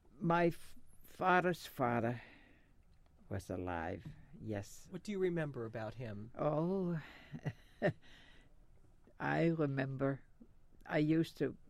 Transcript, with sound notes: My father's father was alive, yes.
What do you remember about him? (she laughs)
I remember, I used to,